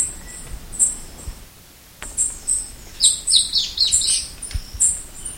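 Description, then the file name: Bird calls: very high, thin chirps repeated, joined after three seconds by a burst of quick twittering notes. "SABIOD 50 bird 2015"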